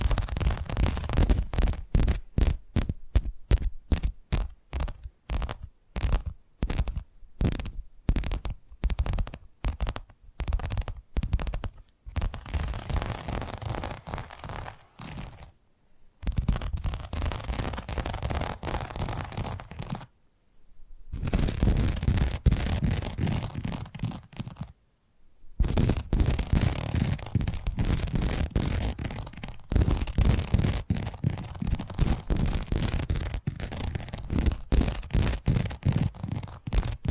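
Addictive tapping triggers: rapid, crisp taps repeat at a fast, fairly regular pace, sounding dry and scratchy with a low knock beneath. The tapping stops briefly near 16, 20 and 25 seconds, then resumes, denser and more continuous, through the end.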